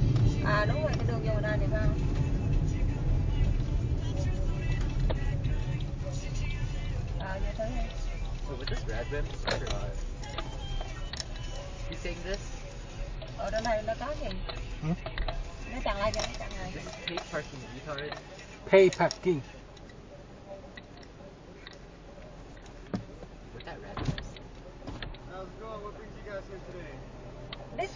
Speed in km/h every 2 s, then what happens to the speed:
37, 29, 21, 8, 6, 6, 6, 6, 0, 0, 0, 0, 0, 0.
0-6 brakes to 8. 6-14 steady at about 6. 14-16 slows to 0. 16-28 standing.